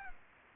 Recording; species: mosquito wingbeat signal from an infrared sensor; Culex pipiens